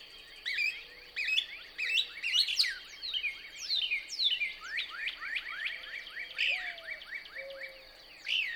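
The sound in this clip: Couch's Kingbird song: a run of high, sharp down-slurred chattering notes in bursts, over a steady high hum, with a few low soft whistles in the background.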